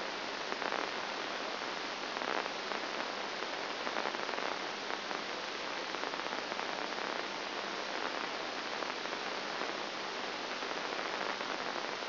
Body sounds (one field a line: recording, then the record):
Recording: brain microelectrode recording played as sound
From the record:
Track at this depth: outside the subthalamic nucleus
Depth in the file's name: 0.106 mm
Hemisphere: left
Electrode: 2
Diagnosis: Parkinson's disease